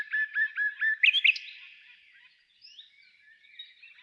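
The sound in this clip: Bird calls: four quick whistled notes in a row, a few sharp chirps, then soft scattered twitters.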